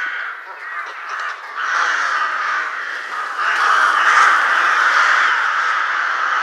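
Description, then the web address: Rook calls: a continuous raucous chorus of harsh caws from several birds, growing louder partway through and staying dense to the end. "Schulze Peter Rook"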